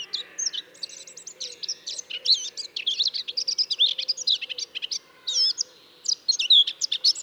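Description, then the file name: Eurasian blackcap song, a long, dense, scratchy warble of rapid mixed notes with only short pauses. "Sylvia atricapilla"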